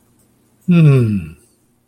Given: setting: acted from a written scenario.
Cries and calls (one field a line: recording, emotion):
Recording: vocal sound without words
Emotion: contentment